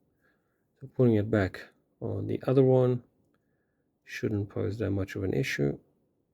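A swappable plastic head sculpt for a CT Toys Spider-Man 2099 action figure is handled toward the figure's neck peg as someone talks in three bursts. The head has not snapped onto the neck joint yet; nothing has seated or clicked in this clip.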